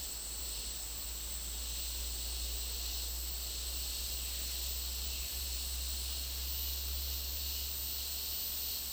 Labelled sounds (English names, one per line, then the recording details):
none
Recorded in dense forest near Puerto Asís, Putumayo, Colombia, on 24 March 2025 at 10:30
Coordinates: 0.499, -76.324
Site GP03